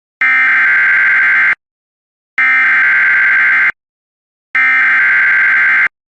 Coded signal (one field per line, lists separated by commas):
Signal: Emergency Alert System (SAME) tones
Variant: header bursts